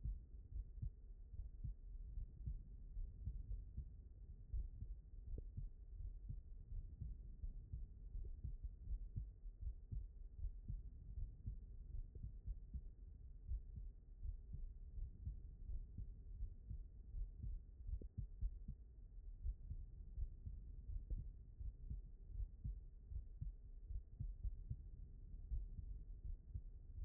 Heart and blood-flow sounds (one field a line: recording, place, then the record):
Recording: heart sounds by stethoscope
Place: aortic valve (AV)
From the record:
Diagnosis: non-HFrEF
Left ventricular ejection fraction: 61%